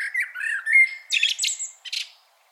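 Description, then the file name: Common blackbird delivers one short song phrase, a smooth low whistled warble that turns into a series of harsh, high-pitched squeaks. "Turdus merula"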